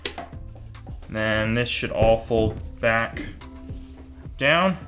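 The hinged LED panels of an EGO Power+ LT1000 portable area light are being folded back down against the light's body. A few short knocks of handling are heard near the start while someone talks over background music. The clip ends before the panels latch, so nothing has locked into place yet.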